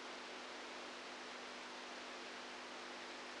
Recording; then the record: brain microelectrode recording played as sound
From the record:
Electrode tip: outside the subthalamic nucleus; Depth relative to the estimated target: 2 mm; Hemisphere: right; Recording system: NeuroSet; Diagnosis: Parkinson's disease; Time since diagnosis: 10 years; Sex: female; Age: 67 years